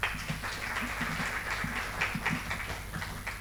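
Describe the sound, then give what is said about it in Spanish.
An audience at the Ateneo del Club Cuba applauds photographer Gonzalo Prados as he is introduced for a talk on photography, with steady, dense clapping that holds at an even loudness for a few seconds, a crackling wash of many hands with no voices over it. “Y pido un aplauso para él.”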